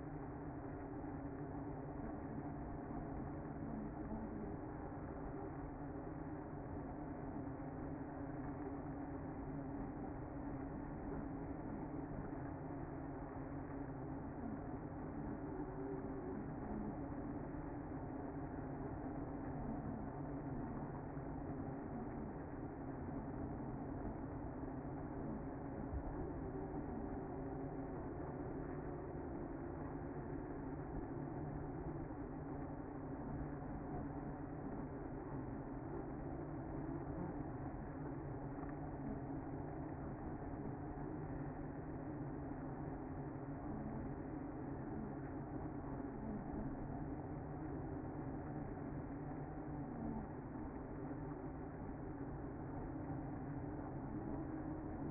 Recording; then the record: honeybee colony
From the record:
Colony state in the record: active